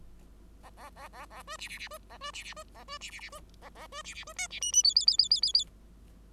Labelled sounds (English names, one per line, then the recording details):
Bengalese Finch song
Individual Bird5